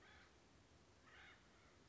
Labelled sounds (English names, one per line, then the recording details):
Acorn Woodpecker
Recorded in Sonoma County, California